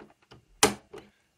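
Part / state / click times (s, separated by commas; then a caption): tri-color ink cartridge into printer carriage slot / seated / 0.6 s. A plastic tri-color inkjet cartridge is lifted up and pressed at the front into the carriage slot of an HP 6555e printer. A few faint plastic ticks lead up to one loud, sharp snap at 0.6 s, followed by a softer knock near 1.0 s. The cartridge is seated, snapped into place.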